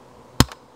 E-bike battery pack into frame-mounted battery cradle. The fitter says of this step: It does give you a very nice click and locks into place so you know it's in there.